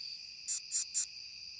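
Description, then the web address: Curve-tailed bush katydid song: three quick, high buzzy lisps in a short series, with continuous shrill insect tones running behind. "The Songs of Insects. Curve-tailed Bush Katydid"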